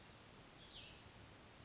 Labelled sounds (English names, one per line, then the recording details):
Cassin's Vireo
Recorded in Sonoma County, California